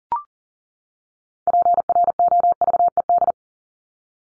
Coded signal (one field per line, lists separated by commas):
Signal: Morse code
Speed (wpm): 40 wpm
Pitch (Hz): 700 Hz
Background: none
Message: PROVED